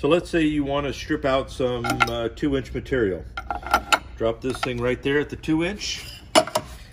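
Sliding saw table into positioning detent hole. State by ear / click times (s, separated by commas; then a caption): seated / 6.5 s, 6.6 s. Someone talks as the sliding table of a tile bench-top saw, set at the 5 cm position, is let snap into its positioning detent hole. Two quick metallic clicks are heard at 6.5 s and 6.6 s as the table locks into place.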